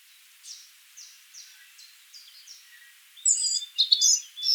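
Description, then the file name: Eurasian blackcap giving a series of short, high descending notes about twice a second, followed by a louder burst of jumbled warbling notes at the end. "Sylvia atricapilla"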